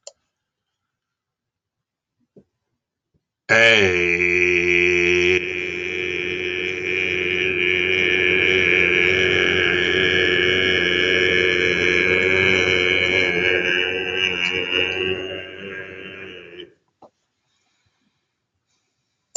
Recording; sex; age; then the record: vowel held as long as possible; male; 60 to 69 years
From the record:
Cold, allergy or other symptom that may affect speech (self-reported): no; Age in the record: 67 years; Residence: Maryland, United States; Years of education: 16